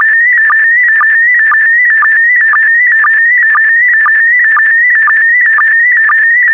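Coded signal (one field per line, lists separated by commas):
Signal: SSTV (slow-scan television)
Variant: PD120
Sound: continuous warbling whistle-like tone with regular short low blips about twice a second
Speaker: complete. You can now check your decoded image against the picture that is shown on the video.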